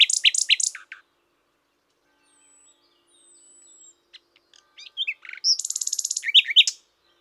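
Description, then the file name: Common nightingale song: a burst of loud, rich chattering notes, a pause with faint thin whistles, then soft clicks building into a fast, buzzy trill and sharp final notes. "Luscinia megarhynchos"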